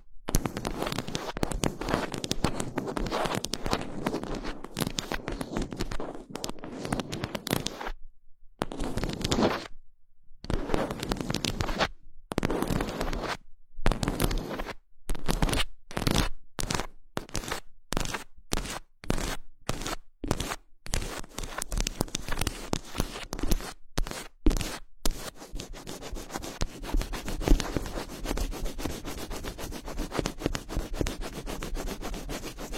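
Fingers scratch and rub across a microphone, a dense, rough scraping that fills the first eight seconds. From there it breaks into short strokes separated by sudden silences, coming quicker and more regular until about 25 seconds, when steady continuous scratching returns.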